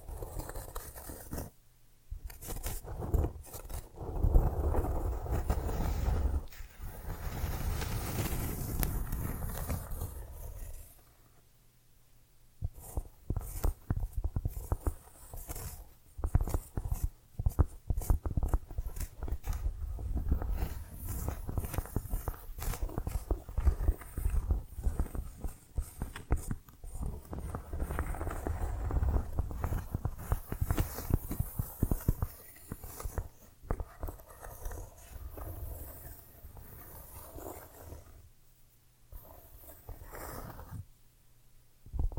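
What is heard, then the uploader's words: Dry handling of small objects: corks squeaking and tapping against tiny bottles, with soft brushing strokes in between. The sounds come in dense, irregular bursts with brief pauses near 2, 11 and 39 seconds, all low. ASMR Tiny Mics - Mighty Tingles Mic Testing（No Talking）. Cork. Tiny bottles. Brushing.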